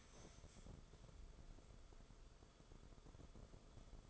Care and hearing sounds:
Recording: daily activity, microphone in the room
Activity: stand up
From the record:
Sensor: 5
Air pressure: 994.5 hPa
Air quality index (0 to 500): 183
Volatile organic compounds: 1000 ppm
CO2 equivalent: 5362 ppm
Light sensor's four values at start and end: 14/34/14/15 and 23/57/24/28

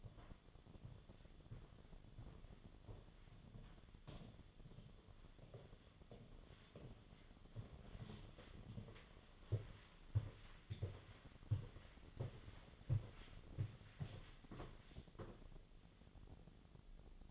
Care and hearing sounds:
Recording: daily activity, microphone in the room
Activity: walk to room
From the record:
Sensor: 4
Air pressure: 1011.0 hPa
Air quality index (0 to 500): 161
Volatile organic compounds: 4 ppm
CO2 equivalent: 1647 ppm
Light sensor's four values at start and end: 44/125/51/52 and 42/120/48/50

